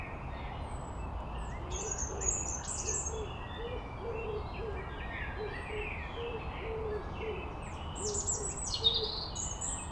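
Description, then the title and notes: European robin singing thin, high warbling phrases with pauses between them, while a low hooting call repeats steadily underneath and a constant traffic rumble fills the background. Robin singing in the foreground beside a woodland path on the slopes of Mont Revard, Pugny-Chatenod, Savoie, France; constant motorway traffic noise from a few kilometres away. "Les Corbières, Pugny-Chatenod, Savoie, Auvergne-Rhône-Alpes, France métropolitaine, 73100, France - rouge_gorge. Au bord du chemin dans les bois , le chant d'un rouge-gorge au premier plan"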